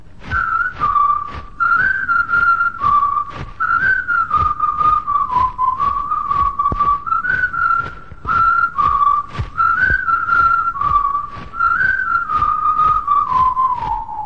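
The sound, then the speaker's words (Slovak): Several people whistle a bouncy tune in unison, a loud, steady mid-high melody that rises and falls, carried over a regular strummed rhythmic beat with no singing or talk. “Pískat!”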